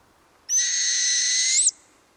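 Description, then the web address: Northern hawk owl giving a single drawn-out, steady, harsh screech lasting just over a second, which flicks upward at the very end, against a quiet background. "BIRD NOTE. Northern Hawk Owl"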